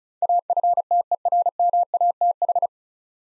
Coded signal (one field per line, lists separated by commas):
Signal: Morse code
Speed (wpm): 36 wpm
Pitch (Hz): 700 Hz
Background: none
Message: AFTERMATH